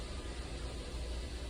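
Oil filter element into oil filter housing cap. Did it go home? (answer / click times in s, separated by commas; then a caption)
no / none. A new oil filter element for a Land Rover Discovery or Range Rover oil change is held and turned so its name stamp is on top, ready to be pressed into the oil filter housing cap. Only a steady broadband hiss with a low rumble is heard, with no sharp sounds. Nothing has seated or clicked yet.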